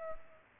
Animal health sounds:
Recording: mosquito wingbeat signal from an infrared sensor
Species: Culex pipiens

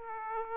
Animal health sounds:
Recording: mosquito wingbeat signal from an infrared sensor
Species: Aedes aegypti

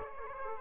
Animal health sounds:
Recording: mosquito wingbeat signal from an infrared sensor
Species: Aedes aegypti

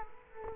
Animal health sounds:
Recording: mosquito wingbeat signal from an infrared sensor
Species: Culex quinquefasciatus

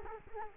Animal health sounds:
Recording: mosquito wingbeat signal from an infrared sensor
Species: Culex quinquefasciatus

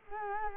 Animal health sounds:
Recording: mosquito wingbeat signal from an infrared sensor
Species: Culex quinquefasciatus

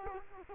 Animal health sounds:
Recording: mosquito wingbeat signal from an infrared sensor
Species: Culex quinquefasciatus

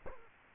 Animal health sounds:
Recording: mosquito wingbeat signal from an infrared sensor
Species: Culex quinquefasciatus

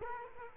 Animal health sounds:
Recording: mosquito wingbeat signal from an infrared sensor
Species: Culex quinquefasciatus

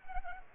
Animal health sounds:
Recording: mosquito wingbeat signal from an infrared sensor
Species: Culex pipiens

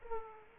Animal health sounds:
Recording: mosquito wingbeat signal from an infrared sensor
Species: Aedes aegypti

